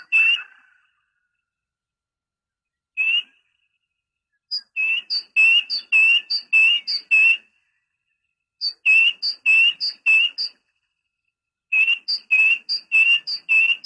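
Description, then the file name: Great tit song, repeated two-note phrases, a high thin note then a lower whistled one, delivered in strophes of several with pauses between. Training recording used to teach songbirds. "suara masteran great tit"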